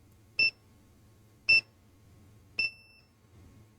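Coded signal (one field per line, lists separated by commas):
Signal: none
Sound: spot welder power-on beeps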